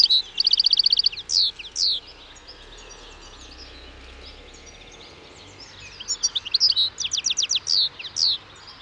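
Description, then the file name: European goldfinch song: a fast, rattling trill, then liquid twitters, a quiet gap, and a closing run of quick, high, repeated chirps. "Carduelis carduelis"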